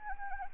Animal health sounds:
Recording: mosquito wingbeat signal from an infrared sensor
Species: Anopheles arabiensis

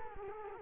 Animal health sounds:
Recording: mosquito wingbeat signal from an infrared sensor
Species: Culex quinquefasciatus

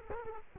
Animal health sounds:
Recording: mosquito wingbeat signal from an infrared sensor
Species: Culex quinquefasciatus

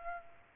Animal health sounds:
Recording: mosquito wingbeat signal from an infrared sensor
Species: Aedes aegypti

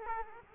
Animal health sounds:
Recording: mosquito wingbeat signal from an infrared sensor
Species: Aedes aegypti

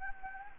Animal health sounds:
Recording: mosquito wingbeat signal from an infrared sensor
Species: Anopheles gambiae

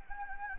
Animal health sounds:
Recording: mosquito wingbeat signal from an infrared sensor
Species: Anopheles gambiae

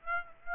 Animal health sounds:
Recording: mosquito wingbeat signal from an infrared sensor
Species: Aedes aegypti

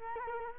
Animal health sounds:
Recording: mosquito wingbeat signal from an infrared sensor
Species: Culex quinquefasciatus

